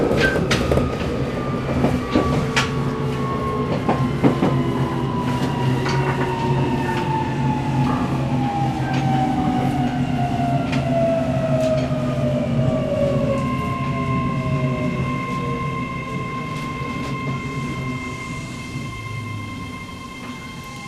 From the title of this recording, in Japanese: 303系K03編成走行音